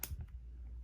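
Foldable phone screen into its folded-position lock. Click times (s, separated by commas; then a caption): 0.0 s. A Huawei Mate Xs foldable phone's flexible screen is folded back around its glass and plastic body into its folded-position lock, giving a sharp, bright click at 0.0 s followed by two faint ticks around 0.2 and 0.3 s over a low hum. The screen latches closed and seats right into place.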